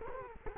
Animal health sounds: mosquito wingbeat signal from an infrared sensor; Culex quinquefasciatus

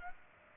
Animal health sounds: mosquito wingbeat signal from an infrared sensor; Culex pipiens

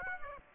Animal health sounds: mosquito wingbeat signal from an infrared sensor; Aedes aegypti

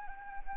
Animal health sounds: mosquito wingbeat signal from an infrared sensor; Anopheles arabiensis

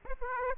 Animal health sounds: mosquito wingbeat signal from an infrared sensor; Aedes aegypti

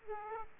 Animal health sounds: mosquito wingbeat signal from an infrared sensor; Aedes aegypti

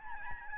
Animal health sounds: mosquito wingbeat signal from an infrared sensor; Aedes albopictus

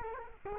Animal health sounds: mosquito wingbeat signal from an infrared sensor; Culex quinquefasciatus

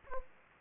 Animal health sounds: mosquito wingbeat signal from an infrared sensor; Anopheles gambiae

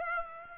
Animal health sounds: mosquito wingbeat signal from an infrared sensor; Aedes aegypti

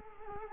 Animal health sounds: mosquito wingbeat signal from an infrared sensor; Culex quinquefasciatus

